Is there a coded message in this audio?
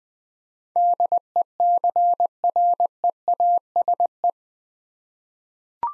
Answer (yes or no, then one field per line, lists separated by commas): yes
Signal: Morse code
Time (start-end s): 0.8-4.3 s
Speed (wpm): 20 wpm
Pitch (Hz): 700 Hz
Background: none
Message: DECREASE